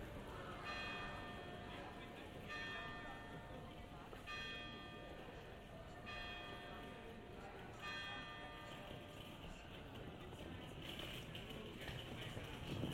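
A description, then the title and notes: Carillon bells ring out in a slow, regular sequence, a new bright chime roughly every two seconds through the first nine seconds, each tone ringing on and overlapping the next. Behind them runs a steady wash of crowd chatter and street noise that swells slightly near the end. Generative soundscape based on a two-dimensional random walk between four binaural soundscapes recorded in Graz, Austria. During the Steirischer Herbst festival. Carillon of the Glockenspielplatz.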